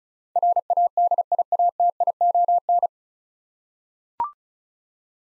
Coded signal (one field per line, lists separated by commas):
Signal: Morse code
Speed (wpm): 36 wpm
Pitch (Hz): 700 Hz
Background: none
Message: RADIATION